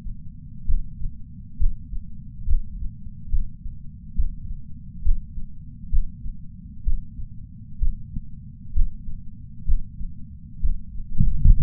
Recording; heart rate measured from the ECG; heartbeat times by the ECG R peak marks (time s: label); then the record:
heart sounds by patch sensor on the chest; 66 bpm
0.67 s: heartbeat
1.59 s: heartbeat
2.48 s: heartbeat
3.31 s: heartbeat
4.17 s: heartbeat
5.04 s: heartbeat
5.91 s: heartbeat
6.85 s: heartbeat
7.80 s: heartbeat
8.74 s: heartbeat
9.67 s: heartbeat
10.62 s: heartbeat
11.59 s: heartbeat
From the record:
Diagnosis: coronary artery disease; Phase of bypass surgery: preoperative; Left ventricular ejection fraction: 60.1%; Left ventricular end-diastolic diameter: 44 mm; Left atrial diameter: 31 mm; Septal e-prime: 6.8 cm/s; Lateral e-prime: 9.8 cm/s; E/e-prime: 5.9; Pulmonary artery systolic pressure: 20 mmHg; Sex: male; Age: 60 years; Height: 167 cm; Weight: 58 kg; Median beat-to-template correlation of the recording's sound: 0.95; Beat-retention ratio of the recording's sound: 0.99